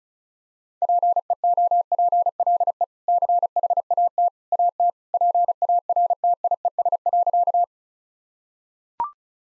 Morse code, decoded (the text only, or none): PEOPLE CHAT AT PARTIES.